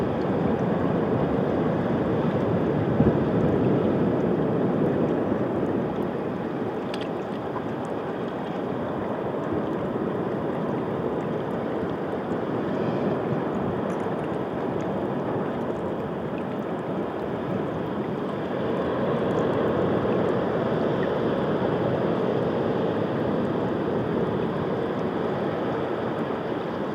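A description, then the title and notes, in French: Meltwater rushes steadily at the foot of a glacier, a dense roar of moving water that fills the low and middle range. The flow barely changes, easing slightly mid-clip before swelling again, with a faint knock near the start. Au pied du glacier, le Skafatellsjökull, en Islande, j'enregistre les mouvements de l'eau. Prise de son : Olivier Noack.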